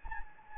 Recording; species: mosquito wingbeat signal from an infrared sensor; Anopheles gambiae